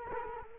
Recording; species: mosquito wingbeat signal from an infrared sensor; Culex quinquefasciatus